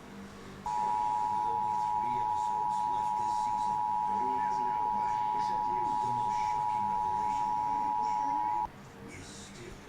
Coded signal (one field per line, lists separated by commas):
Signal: Emergency Alert System (SAME) tones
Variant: 853 and 960 Hz attention tone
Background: speech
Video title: EAS #92 - Severe Thunderstorm Warning: St. Johns County, FL